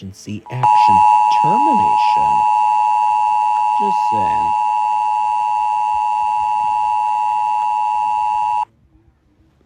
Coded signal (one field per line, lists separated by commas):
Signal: Emergency Alert System (SAME) tones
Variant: 853 and 960 Hz attention tone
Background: speech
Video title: Reacting To EAS Scenario #2: Global Hurricane Part One By Superstar Studios Animations